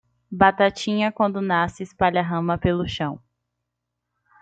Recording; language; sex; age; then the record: short text; Brazilian Portuguese; female; 20 to 29 years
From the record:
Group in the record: control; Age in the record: 20 years